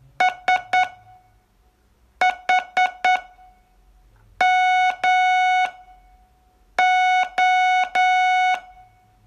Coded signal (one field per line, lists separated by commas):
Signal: Morse code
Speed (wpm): 9 wpm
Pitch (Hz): 740 Hz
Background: none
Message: SHMO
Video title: Learn Morse in 42 Days from VU2LAU - day6